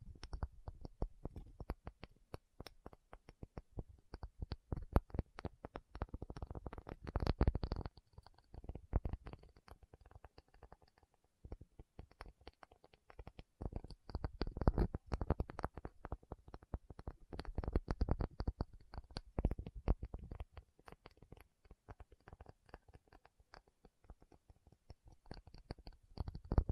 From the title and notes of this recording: Tapping Session (No Talking).